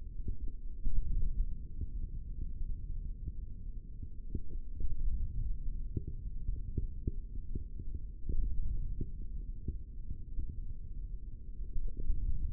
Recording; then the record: forearm muscle sounds (acoustic myography)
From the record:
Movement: index flexion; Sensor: system 3, bracelet of six PUI Audio POM-2738L microphones around the upper forearm, with dedicated amplification and filtering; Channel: 5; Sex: male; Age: 23 years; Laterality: right